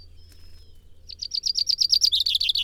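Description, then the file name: Common chaffinch song beginning after about a second of near quiet: a series of falling chirps that is cut off mid-phrase. "Fringilla coelebs"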